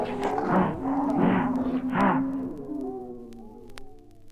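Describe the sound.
Wolf: wolves howling in overlapping sustained tones, with three rough snarling bursts in the first half, then the howls thinning and fading.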